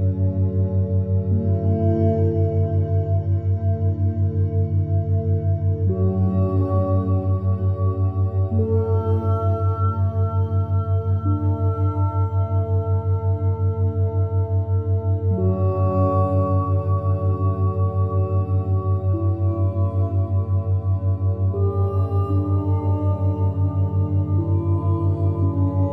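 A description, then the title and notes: Steady binaural beat tones hum low and constant under a slowly shifting drone of soft, bowl-like chords that change every few seconds, near 6, 9, 15 and 22 seconds. The sound stays even in loudness throughout, smooth and sustained with no sharp events. Binaural Beats Theta.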